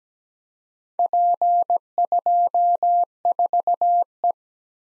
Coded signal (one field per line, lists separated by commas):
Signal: Morse code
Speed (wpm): 20 wpm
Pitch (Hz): 700 Hz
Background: none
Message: P24E